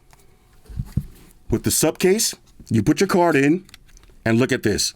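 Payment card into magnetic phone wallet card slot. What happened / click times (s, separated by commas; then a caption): The card is being handled but has not locked in yet / none. A payment card is handled at the card slot of a SUPCASE MagFlip magnetic (MagSafe) phone wallet while someone talks, with faint handling ticks around 0.1 s, 1.0 s and 1.3 s. The card has not yet seated or clicked into its locked position by the end of the clip.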